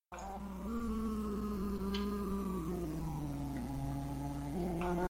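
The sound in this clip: Bee buzzing: a low, steady droning hum with rich overtones, its pitch sliding gently down and back up throughout.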